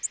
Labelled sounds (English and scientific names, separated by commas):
Orange-crowned Warbler (Leiothlypis celata) flight call